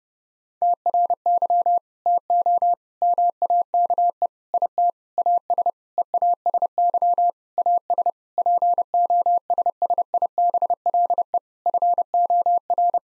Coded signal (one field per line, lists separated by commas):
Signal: Morse code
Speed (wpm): 30 wpm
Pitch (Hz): 700 Hz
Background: none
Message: TRY TO MAKE IT AS EASY AS POSSIBLE FOR